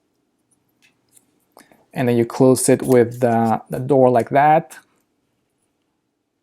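The hinged door of a plastic/metal action camera cage holding a DJI Osmo Action 1st Generation camera is being closed over the camera, with a few faint handling ticks between about 0.7 and 1.7 seconds before someone talks. The door has not snapped into place yet, and nothing has seated or clicked.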